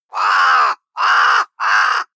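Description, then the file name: Common raven giving three harsh, hoarse croaks, each about half a second long with short gaps between them; no other sounds are clear. "bird raven"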